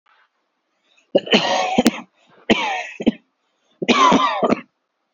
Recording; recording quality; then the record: heavy voluntary cough; excellent, no background noise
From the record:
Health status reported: healthy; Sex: male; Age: 24 years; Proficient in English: yes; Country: India